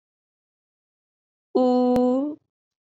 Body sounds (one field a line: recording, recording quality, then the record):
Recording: sustained vowel as in boot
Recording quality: excellent, no background noise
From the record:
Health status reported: COVID-19 positive, mild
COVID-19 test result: positive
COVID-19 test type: rapid antigen test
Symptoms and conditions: cough, cold, breathing difficulty, sore throat, fever, fatigue, muscle pain, diarrhoea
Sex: female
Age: 21 years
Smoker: no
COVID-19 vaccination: both doses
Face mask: not worn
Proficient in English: yes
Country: India